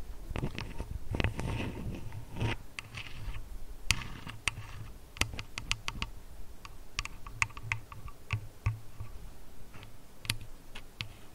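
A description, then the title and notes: Dry tapping clicks come in irregular bursts, some rapid and clustered, others spaced out, much like fingers on a hard key-like surface. A soft rubbing passage sits near the start, and a low steady hum runs underneath throughout. ASMR tapping, scratching, touching [no talking].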